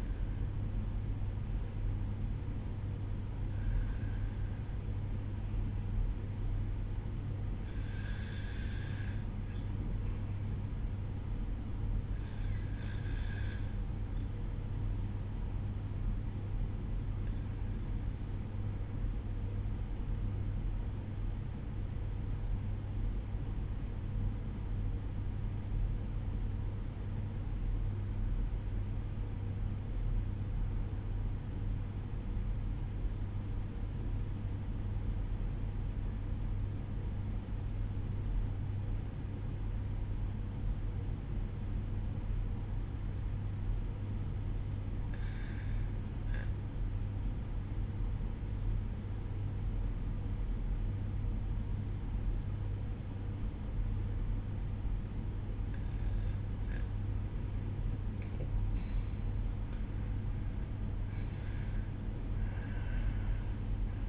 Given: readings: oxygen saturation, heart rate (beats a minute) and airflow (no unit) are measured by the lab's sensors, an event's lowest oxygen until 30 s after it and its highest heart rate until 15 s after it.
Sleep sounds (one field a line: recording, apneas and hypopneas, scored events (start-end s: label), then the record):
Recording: breathing in sleep by a smartphone at the bedside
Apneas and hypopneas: 1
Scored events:
15.00-57.00 s: obstructive apnea (N1, oxygen 96% highest, then 93% lowest, heart rate 55 at the start, 72 highest)
26.00-64.08 s: new sleep stage, REM sleep
From the record:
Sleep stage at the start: N1 (lightest sleep)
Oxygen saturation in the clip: 93 to 96%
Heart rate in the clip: 54 to 71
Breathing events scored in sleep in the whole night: 305 in 9.6 hours asleep